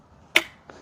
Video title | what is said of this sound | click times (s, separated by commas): Santa Fe Fuel Level Sensor/Sender Replacement (Hyundai 2007 - 2012) | till it clicks | 0.4 s